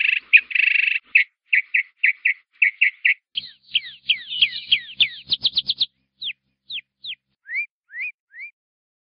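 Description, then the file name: Cardinal song: a fast run of short repeated notes, then clear downslurred whistles quickening into a trill, ending with slower separate rising and falling slurs. "cardenal"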